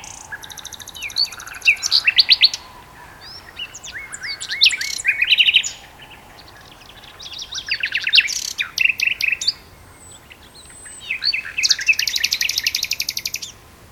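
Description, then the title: Common nightingale song in bursts of rapid repeated notes, buzzy trills and clicking rattles, with short pauses between phrases and a faint steady hum beneath. Two nightingales singing a duet on heathland at Westleton Heath. "sanderson. nightingale duet on westleton heath"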